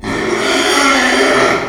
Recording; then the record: squeal of a Yucatan mini pig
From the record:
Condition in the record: after surgery on the right vocal fold (resection and tissue-engineered implant); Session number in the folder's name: 2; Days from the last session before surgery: 13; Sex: male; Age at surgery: 12 weeks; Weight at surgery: 13 kg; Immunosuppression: cyclosporine, prednisolone